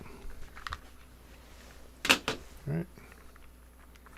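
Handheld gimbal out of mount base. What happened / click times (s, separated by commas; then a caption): The device popped out of its mount / 0.7 s. A handheld gimbal is popped out of its mount base, giving a sharp plastic click at 0.7 s and 0.7 s, and the gimbal comes free of the mount. After that there are more handling knocks and rustles, and someone talks briefly.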